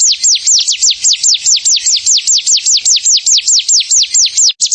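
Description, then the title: Prinia song of many high, sharply down-slurred notes repeated rapidly in a nearly unbroken series. "Ciblek Sawah"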